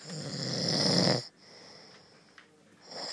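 Loud snoring from an adult man asleep: one long, harsh, low-pitched snore, then a quiet pause, then the start of another snore.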